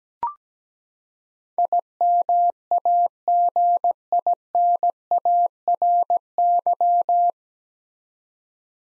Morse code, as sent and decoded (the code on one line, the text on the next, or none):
.. -- .- --. .. -. .- .-. -.--
IMAGINARY